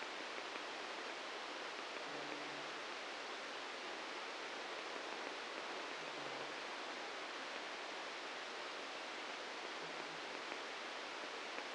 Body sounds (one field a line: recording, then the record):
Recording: brain microelectrode recording played as sound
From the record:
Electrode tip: outside the subthalamic nucleus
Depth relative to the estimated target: 2 mm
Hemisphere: right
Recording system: NeuroSet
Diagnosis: Parkinson's disease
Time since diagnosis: 7 years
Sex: male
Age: 44 years